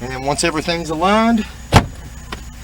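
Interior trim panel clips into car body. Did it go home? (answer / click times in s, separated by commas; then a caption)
yes / 1.8 s, 2.3 s. Someone talks as the plastic interior trim panel of a 2010–2015 Camaro, being refitted during a rear speaker replacement, is pressed against the car body once its clips are aligned. It snaps into its clips with sharp clicks at 1.8 s and 2.3 s, and the panel is seated.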